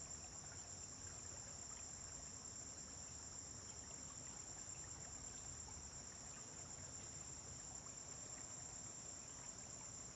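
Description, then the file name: Cricket chorus, a continuous shrill trill that never pauses or changes pitch, with a soft low rumbling noise underneath. Several crickets on a farm at dawn, with vehicles passing on a distant road. "Amanhecer na fazenda com grilos veiculos passando em estrada longe"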